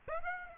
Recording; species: mosquito wingbeat signal from an infrared sensor; Aedes aegypti